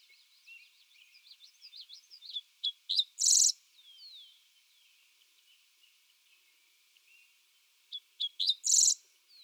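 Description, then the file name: Dickcissel song: a few short sharp chips followed by a loud buzzy burst, the phrase repeated several seconds later, with soft twittering notes between. Recorded on 8 June 2021. "2021-06-08 Dickcissel"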